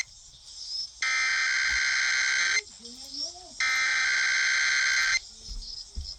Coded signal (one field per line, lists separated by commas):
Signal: Emergency Alert System (SAME) tones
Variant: header bursts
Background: speech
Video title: MARINE WARNING SPAM.... (EAS Alerts from 8/7-9/22) (EAS # 1295-1331)